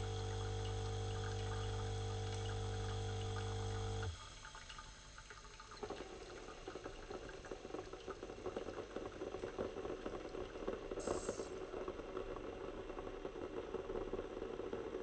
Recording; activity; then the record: daily activity, microphone in the room; make coffee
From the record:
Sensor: 4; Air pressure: 992.6 hPa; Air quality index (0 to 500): 142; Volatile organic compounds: 77 ppm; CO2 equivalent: 3584 ppm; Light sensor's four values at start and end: 18/62/22/23 and 17/60/22/23